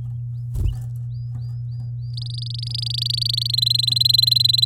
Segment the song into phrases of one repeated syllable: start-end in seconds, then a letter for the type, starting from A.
2.13-3.52 A, 3.53-4.65 B